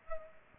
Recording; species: mosquito wingbeat signal from an infrared sensor; Culex pipiens